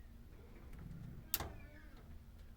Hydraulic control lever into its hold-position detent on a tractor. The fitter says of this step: And if the camera picked it up, you could hear a snap in the hydraulic linkage.